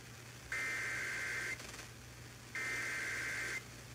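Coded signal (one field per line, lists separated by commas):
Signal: Emergency Alert System (SAME) tones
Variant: header bursts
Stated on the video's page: EAS alerts and station IDs captured over several days; may contain valid EAS tones.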